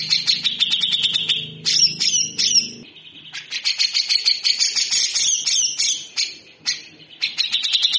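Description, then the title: Grey-cheeked bulbul in a coarse, fast chattering rattle broken by short gaps, with a faint low hum during the first three seconds. Tutor recording (masteran) used for training birds; bird singing actively (gacor) in the coarse rattling besetan kasar song style, long duration. "MASTERAN CUCAK JENGGOT GACOR FULL BESETAN KASAR DURASI PANJANG"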